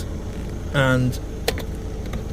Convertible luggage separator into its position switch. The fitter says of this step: it's it's not it's not latching.